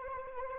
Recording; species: mosquito wingbeat signal from an infrared sensor; Anopheles arabiensis